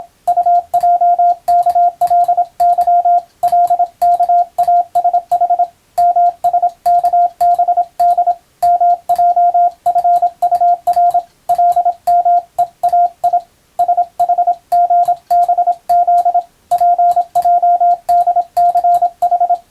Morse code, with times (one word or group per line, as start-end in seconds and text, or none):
0.3-3.2 UJKLY
3.4-5.6 LKASH
6.0-8.3 MSKBD
8.6-11.2 MJFUR
11.5-13.4 LMEAI
13.8-16.4 SHGBZ
16.7-19.5 PJDCH